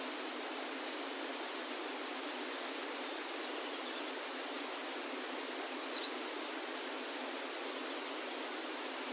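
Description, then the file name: Yellow-browed warbler song: very high, thin, wavering zigzag phrases, one long phrase at the start, then fainter ones after pauses, over steady hiss. Recorded at Norikura on 23 June 2021. "kimayumushikui 210623 norikura ijima"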